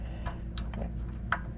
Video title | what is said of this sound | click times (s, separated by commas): Code p2048 Testing and Replacing Cummins 6.7 DEF Injector - Ram 2500 Service DEF System Message | clip that, felt it snap in place. | 0.6 s, 1.3 s